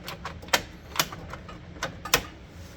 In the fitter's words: You push this in, push it in, and you get a click.